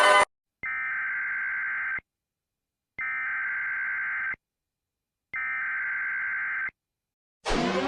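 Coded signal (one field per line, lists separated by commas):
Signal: Emergency Alert System (SAME) tones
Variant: header bursts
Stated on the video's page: Animated fan-made alarm recreations; participants' alerts not accurate.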